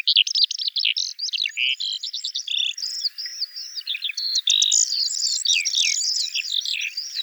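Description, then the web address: Eurasian skylark singing a fast, near-continuous warble of mixed twittering notes, trills and slurred whistles. "songs alauda arvensis call"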